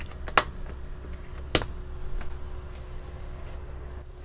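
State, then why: Seated. A blackout shade is pressed onto its fasteners on the sliding door window of a 2023 Jayco Terrain 19Y B-Class off-road RV, built on a Mercedes 4X4 chassis. Two loud, sharp snaps ring out at 0.4 s and 1.6 s over a low, steady hum with a few faint taps. The shade is snapped into place.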